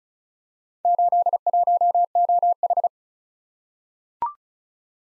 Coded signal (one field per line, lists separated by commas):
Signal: Morse code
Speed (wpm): 36 wpm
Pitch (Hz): 700 Hz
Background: none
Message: 81OH